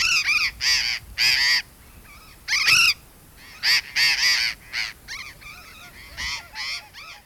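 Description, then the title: Burrowing parrot calls: harsh, screeching squawks in bursts, with short pauses between them. Bahía Blanca. "Museo de Ciencias de Bahía Blanca. Loro Barranquero"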